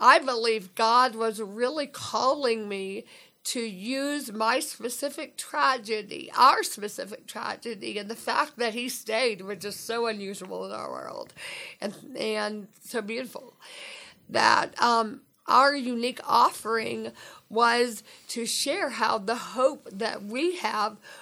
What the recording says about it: As you can hear, my vocal cords are very messed up. One is paralyzed, and it's difficult to even articulate sound. 5 years after my stroke. My face is paralyzed on one side.